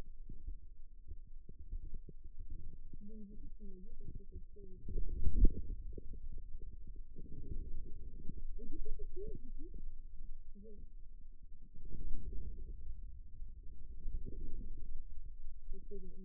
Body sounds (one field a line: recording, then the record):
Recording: forearm muscle sounds (acoustic myography)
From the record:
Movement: inward rotation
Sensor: system 2, bracelet of six BSWA MPA416 microphones around the upper forearm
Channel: 3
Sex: male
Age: 22 years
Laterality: right